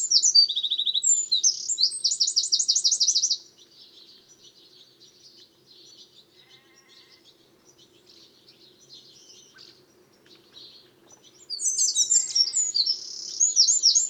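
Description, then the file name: Eurasian Wren song: a rapid, very high outpouring of sharp notes and buzzy trills for about three seconds, then quiet, then another loud burst near the end. "Troglodytes troglodytes"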